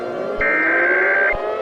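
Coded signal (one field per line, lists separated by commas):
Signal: Emergency Alert System (SAME) tones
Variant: header bursts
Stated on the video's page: Fictional EAS scenario for entertainment, not a real broadcast, possibly containing valid tones.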